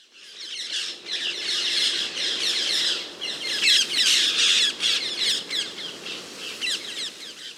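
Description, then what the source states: Parakeets giving flight calls: a dense, continuous chorus of harsh, shrill squawks from many birds, swelling and fading in waves throughout. Flock arriving at an evening communal roost.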